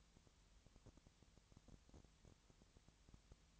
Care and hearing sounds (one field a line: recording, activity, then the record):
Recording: daily activity, microphone in the room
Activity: no activity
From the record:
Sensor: 3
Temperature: 20.6 degrees Celsius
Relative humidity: 34.7%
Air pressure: 1007.2 hPa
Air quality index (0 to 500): 137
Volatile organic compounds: 3 ppm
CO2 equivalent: 1529 ppm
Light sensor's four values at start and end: 2/3/2/2 and 2/3/2/2